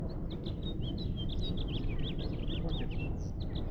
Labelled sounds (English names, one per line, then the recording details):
House Finch song
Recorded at Oceanside on Long Island, New York, on 17 June 1975
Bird A